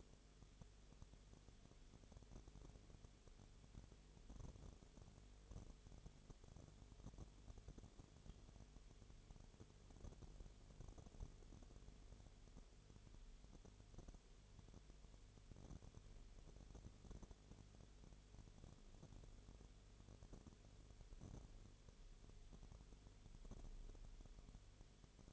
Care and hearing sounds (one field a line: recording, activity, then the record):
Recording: daily activity, microphone in the room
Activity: no activity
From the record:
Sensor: 4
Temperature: 22.0 degrees Celsius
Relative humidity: 29.5%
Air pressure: 1002.1 hPa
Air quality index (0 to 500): 59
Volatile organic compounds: 1 ppm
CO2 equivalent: 607 ppm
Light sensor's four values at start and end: 2/3/1/1 and 2/3/1/1